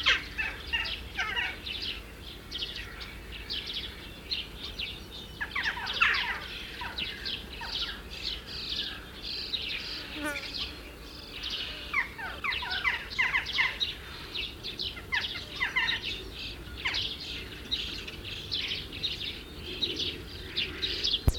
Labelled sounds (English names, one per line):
Western Jackdaw call